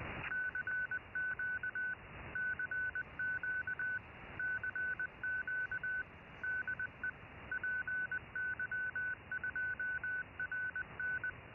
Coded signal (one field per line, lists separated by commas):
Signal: Morse code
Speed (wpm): 20 wpm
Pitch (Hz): 1500 Hz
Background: none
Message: CQ CQ CQ DE PY2RN